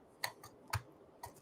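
A 3D-printed top cover is pressed onto a camera shutter remote case, over the small switch knob. A sharp snap at 0.2 s is followed by smaller clicks and knocks around 0.4, 0.7 and 1.2 s. The cover is seated on the remote.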